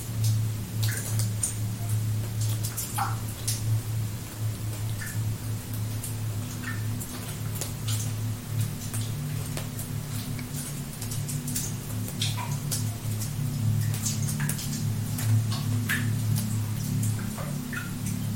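Water drips in quick irregular ticks and plinks over a steady low hum that swells slightly, the drops scattering densely throughout.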